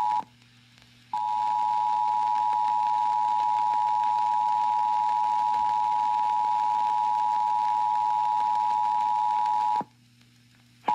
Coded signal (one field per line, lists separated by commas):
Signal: Emergency Alert System (SAME) tones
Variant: 853 and 960 Hz attention tone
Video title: HELLO 2019!! EAS Alerts from 1/8/19 - 1/30/19 (EAS #1,992 - 2,009)